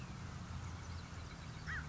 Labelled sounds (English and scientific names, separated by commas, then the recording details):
American Crow (Corvus brachyrhynchos)
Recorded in Sonoma County, California